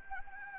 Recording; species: mosquito wingbeat signal from an infrared sensor; Anopheles arabiensis